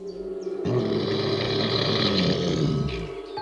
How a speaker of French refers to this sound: Elle se met à crier et c'est un grognement d'ours qui fait trembler les arbres.